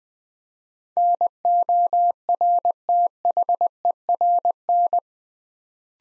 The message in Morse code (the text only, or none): NORTHERN